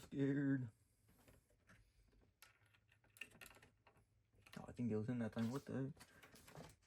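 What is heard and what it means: A RAM module is being handled and pressed toward a motherboard DIMM slot with retention latches while someone talks, with faint taps and small handling knocks between the speech. Nothing has seated or clicked yet; the module is not yet home in the slot.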